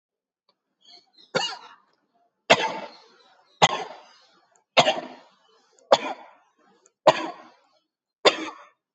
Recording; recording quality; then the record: heavy voluntary cough; excellent, no background noise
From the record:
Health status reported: healthy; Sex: male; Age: 71 years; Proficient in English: yes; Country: India